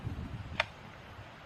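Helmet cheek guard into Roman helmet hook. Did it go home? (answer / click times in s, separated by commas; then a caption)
yes / 0.6 s. A cheek guard is fitted onto a replica third-century Roman helmet and hooks into place with the hook on the front, seating with a single sharp metallic click at 0.6 s. Only a faint low rumble surrounds the brief, bright tick.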